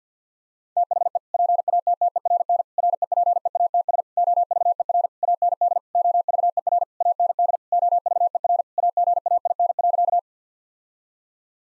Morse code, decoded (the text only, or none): THE PATTERN REPEATS OVER AND OVER AND OVER AGAIN.